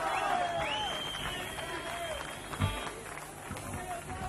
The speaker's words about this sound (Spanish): Muchas gracias por los aplausos, por el aguante.